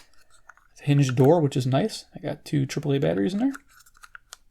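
Someone talks while handling the hinged plastic battery compartment door of a Kaito KA200 AM/FM pocket radio, which holds two AAA batteries. Faint handling ticks are heard near 0.5 s and again around 4.0–4.3 s. The door has not yet clicked shut, and nothing has seated.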